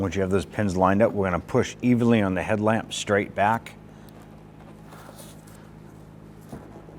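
Someone talks while lining up the locating pins of a 1994-2004 Ford Mustang headlamp assembly with the body mounting holes, ready to push it evenly straight back. After the talking stops there is only a quiet background with a faint tick near 4.1 s. Nothing has seated or clicked yet.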